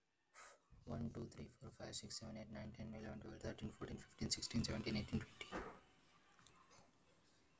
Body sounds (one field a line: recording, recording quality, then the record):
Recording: counting at a fast pace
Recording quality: excellent, no background noise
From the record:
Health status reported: healthy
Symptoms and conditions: none ticked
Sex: male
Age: 21 years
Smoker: not ticked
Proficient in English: yes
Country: India